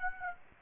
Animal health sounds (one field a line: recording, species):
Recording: mosquito wingbeat signal from an infrared sensor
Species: Aedes aegypti